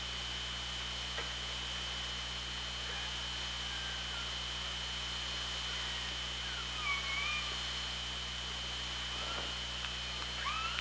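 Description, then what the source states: Killer whale calls, faint and bending, scattered throughout, clearest around seven seconds and near the end, against steady underwater hiss and low hum. Hydrophone at OrcaLab, 24 August 2017, 18:23.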